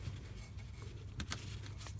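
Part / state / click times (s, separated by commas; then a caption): plastic vacuum lines into retaining clip / seated / 1.2 s. Plastic vacuum lines for the turbo wastegates on a BMW 335i N54 engine are pressed down into their retaining clip on the engine. A sharp snap at 1.2 s is followed by a second quick click at about 1.3 s, over a low steady background hum. The lines seat in the clip.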